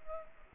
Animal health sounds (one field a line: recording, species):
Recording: mosquito wingbeat signal from an infrared sensor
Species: Culex pipiens